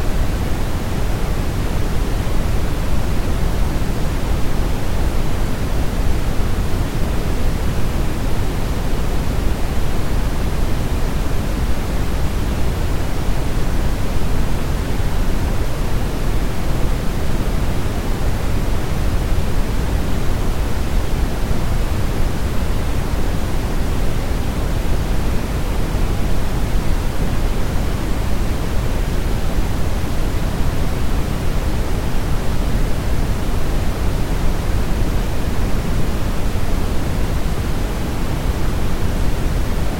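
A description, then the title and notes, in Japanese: Brown noise runs without change for the whole forty seconds, a deep, even rumble weighted toward the low end. The highs are soft and muted, there are no separate events, and the loudness stays flat throughout. ブラウンノイズ。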